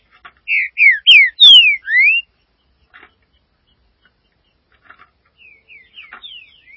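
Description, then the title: Green-winged saltator song: a loud phrase of about five sweet whistles sliding downward and upward, then silence, faint ticks and a soft repeat of slurred notes. "Trinca Ferro"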